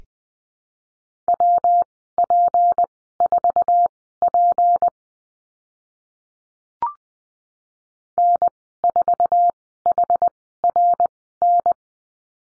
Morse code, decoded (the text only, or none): WP4P N4HRN